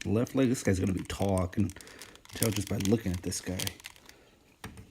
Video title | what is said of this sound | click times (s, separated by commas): Marvel Legends Cull Obsidian The WolfPack Toy Review | Pops right in. Look at that. | 4.6 s